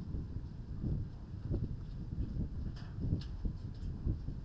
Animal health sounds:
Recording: poultry house recording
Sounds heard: no chicken sound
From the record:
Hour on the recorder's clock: 21

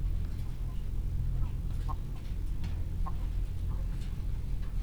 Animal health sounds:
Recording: poultry house recording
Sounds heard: sick chickens (respiratory disease)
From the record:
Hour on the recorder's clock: 15

